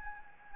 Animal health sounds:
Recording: mosquito wingbeat signal from an infrared sensor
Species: Anopheles gambiae

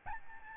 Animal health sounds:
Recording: mosquito wingbeat signal from an infrared sensor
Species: Aedes albopictus

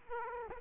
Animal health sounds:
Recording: mosquito wingbeat signal from an infrared sensor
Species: Aedes aegypti

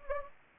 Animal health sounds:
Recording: mosquito wingbeat signal from an infrared sensor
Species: Anopheles gambiae

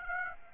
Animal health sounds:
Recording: mosquito wingbeat signal from an infrared sensor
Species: Aedes aegypti

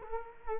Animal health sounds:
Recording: mosquito wingbeat signal from an infrared sensor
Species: Culex quinquefasciatus

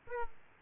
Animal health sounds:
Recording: mosquito wingbeat signal from an infrared sensor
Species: Aedes aegypti

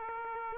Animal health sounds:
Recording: mosquito wingbeat signal from an infrared sensor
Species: Aedes aegypti

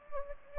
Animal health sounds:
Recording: mosquito wingbeat signal from an infrared sensor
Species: Anopheles gambiae

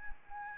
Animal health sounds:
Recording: mosquito wingbeat signal from an infrared sensor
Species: Anopheles arabiensis

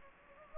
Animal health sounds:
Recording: mosquito wingbeat signal from an infrared sensor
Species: Anopheles gambiae

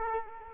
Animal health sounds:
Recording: mosquito wingbeat signal from an infrared sensor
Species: Culex quinquefasciatus

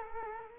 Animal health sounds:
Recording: mosquito wingbeat signal from an infrared sensor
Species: Culex quinquefasciatus

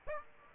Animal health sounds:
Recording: mosquito wingbeat signal from an infrared sensor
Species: Aedes aegypti

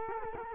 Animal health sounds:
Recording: mosquito wingbeat signal from an infrared sensor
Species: Culex quinquefasciatus

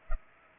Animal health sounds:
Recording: mosquito wingbeat signal from an infrared sensor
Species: Culex pipiens

